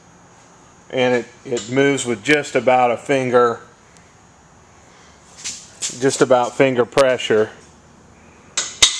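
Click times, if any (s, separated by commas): 8.6 s, 8.8 s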